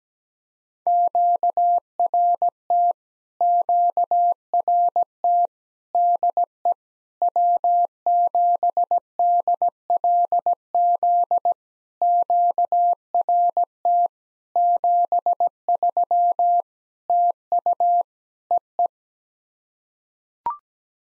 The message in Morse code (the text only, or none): QRT QRT DE W7DLZ QRT 73 TU EE